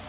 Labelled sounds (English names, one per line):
Chestnut-sided Warbler flight call